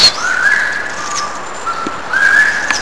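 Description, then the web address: Bird giving clear whistled notes, a rising slur into a long level whistle, then a lower steady tone, repeated near the end with a fainter high whistle above. Recorded in Brazil in 2005; species not identified. "Brazil 2005 Birds sounds unknown"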